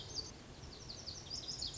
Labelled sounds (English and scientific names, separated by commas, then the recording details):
Lazuli Bunting (Passerina amoena)
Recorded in Sonoma County, California